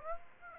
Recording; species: mosquito wingbeat signal from an infrared sensor; Aedes aegypti